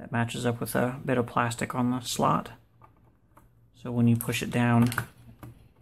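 Someone talks while a DDR4 memory stick, its notch lined up with the plastic key in the slot, is handled over a motherboard DIMM slot in a small-form-factor Core i7 build with 16GB RAM and a 1TB NVMe SSD. A few faint, brief ticks come during a pause in the talk. The module has not seated or clicked into the slot yet.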